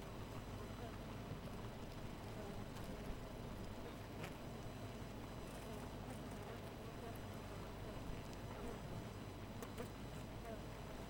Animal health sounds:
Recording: honeybee colony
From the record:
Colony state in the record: missing queen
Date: 14 July 2017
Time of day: 4:27

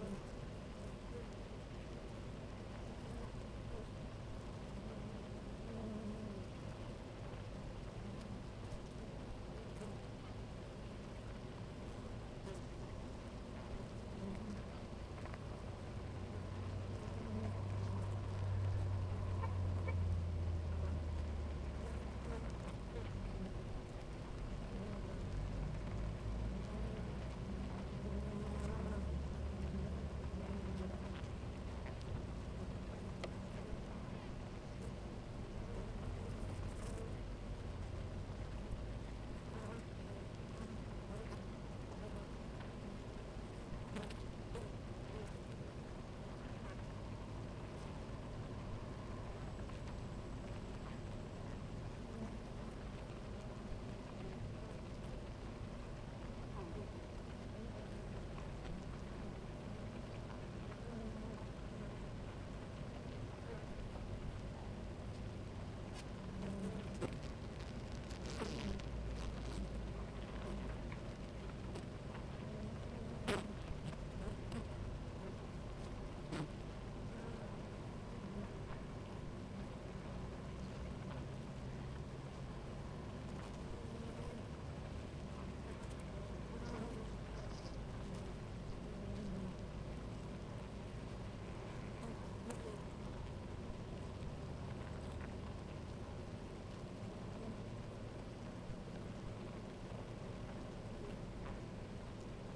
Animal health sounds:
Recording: honeybee colony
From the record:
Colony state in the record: active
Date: 28 July 2017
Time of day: 11:41

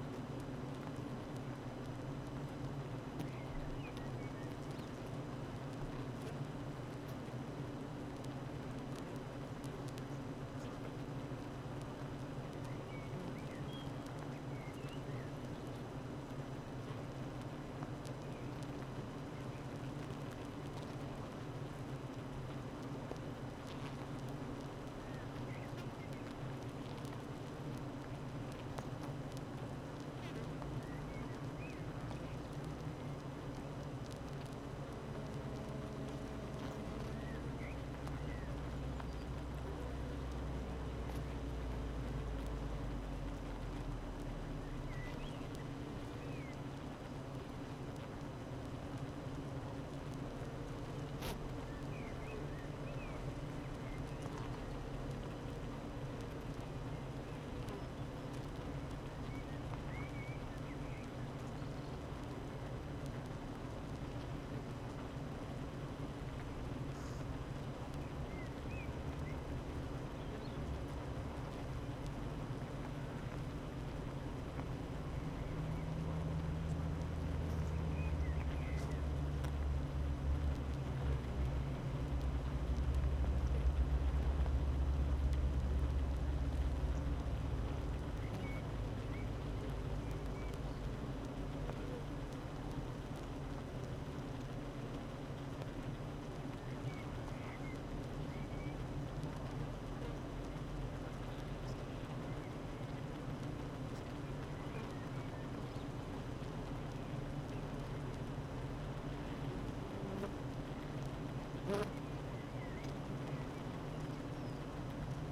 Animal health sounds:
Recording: honeybee colony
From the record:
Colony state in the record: active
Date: 12 June 2018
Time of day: 8:51

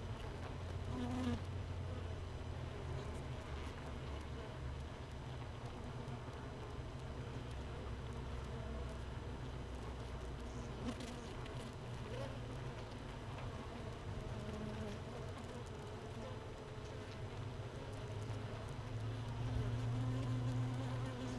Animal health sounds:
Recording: honeybee colony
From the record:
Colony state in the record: missing queen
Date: 31 May 2018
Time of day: 15:20

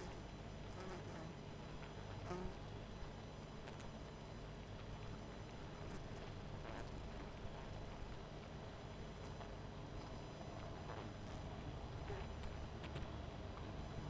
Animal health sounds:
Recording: honeybee colony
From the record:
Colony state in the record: missing queen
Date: 14 July 2017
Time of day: 19:54

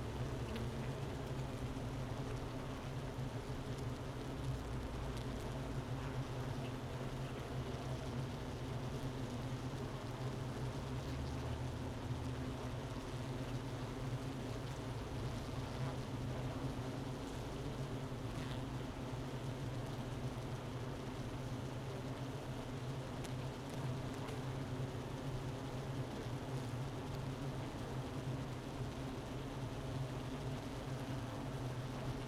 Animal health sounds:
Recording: honeybee colony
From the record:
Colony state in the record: missing queen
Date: 31 May 2018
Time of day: 11:41

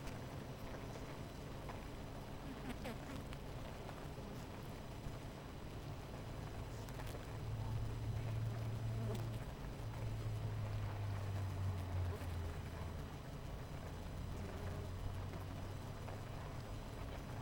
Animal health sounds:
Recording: honeybee colony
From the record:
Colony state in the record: missing queen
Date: 14 July 2017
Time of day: 10:31

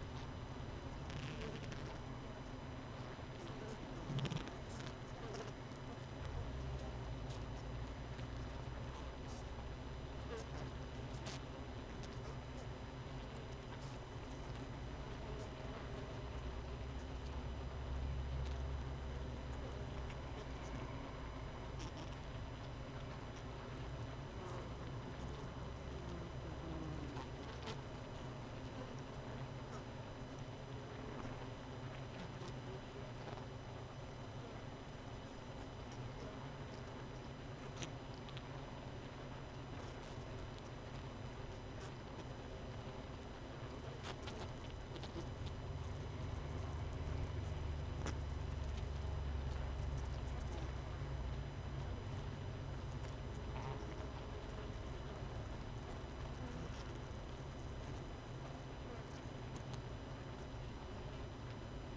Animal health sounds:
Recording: honeybee colony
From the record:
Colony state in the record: missing queen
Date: 31 May 2018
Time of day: 18:25

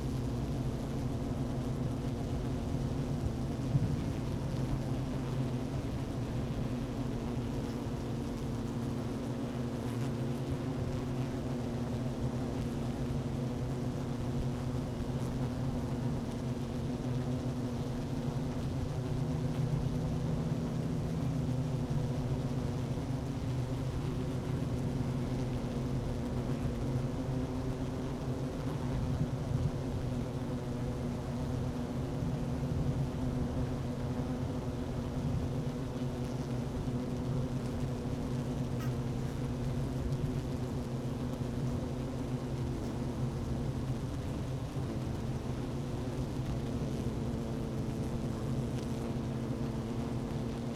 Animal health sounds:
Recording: honeybee colony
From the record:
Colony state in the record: active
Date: 12 June 2018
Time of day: 11:45

